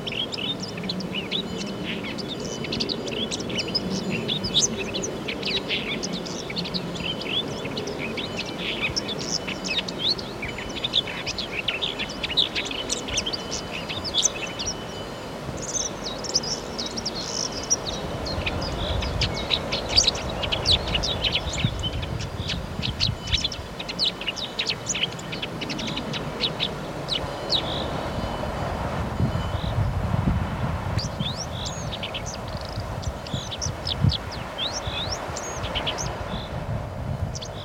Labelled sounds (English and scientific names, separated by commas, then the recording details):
Red-backed Shrike (Lanius collurio) song
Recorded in the wild
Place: Hörfeld, Hörfeld Moor, Steiermark, AT
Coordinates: 47.0317, 14.5064
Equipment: Uher 4100 Report-V
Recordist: Brunner, Thomas
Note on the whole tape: Neuntöter, Gesang. Hörfeld Moor. Im Mai 1971. Flugzeuglärm